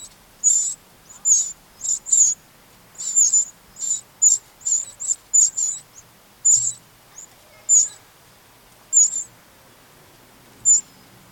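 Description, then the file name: Eurasian wren calls: short, sharp, very high ticking notes given singly or in quick pairs and triplets, in irregular bursts over a quiet background. "Troglodytes troglodytes"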